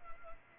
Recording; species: mosquito wingbeat signal from an infrared sensor; Culex pipiens